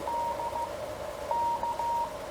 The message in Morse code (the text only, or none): DK